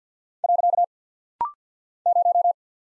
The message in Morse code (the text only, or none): . 0